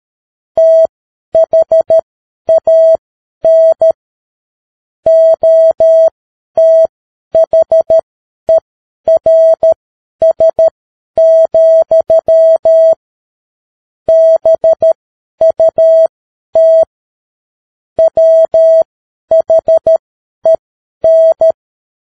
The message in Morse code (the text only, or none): THAN OTHERS, BUT WHEN